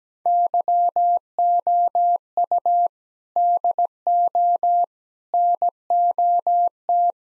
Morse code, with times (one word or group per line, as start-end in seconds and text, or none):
0.3-2.9 YOU
3.4-4.8 DO
5.3-7.1 NOT